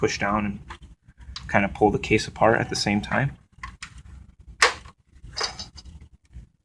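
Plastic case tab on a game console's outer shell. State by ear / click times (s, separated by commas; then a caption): released / 4.6 s. Someone talks while a small unlock tool pushes down on the plastic tabs of an Xbox 360's outer shell and the console case halves are pulled apart during a red ring (E74) repair. A loud, sharp snap comes at 4.6 s, followed by quieter handling noises. The case tab snaps open and releases.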